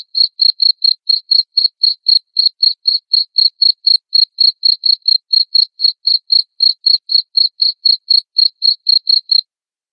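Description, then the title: Cricket chirp series, high pulsed notes repeated rapidly and evenly about four each second, stopping just before the end. Loud cricket chirping played to make lovebirds sing continuously. "Suara JANGKRIK NGERIK Keras Bikin LOVEBIRD Jadi NGEKEK Terus Vubey"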